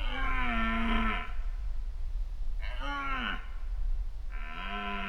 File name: Roaring Deer Mating Season In Poland September